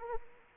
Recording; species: mosquito wingbeat signal from an infrared sensor; Anopheles arabiensis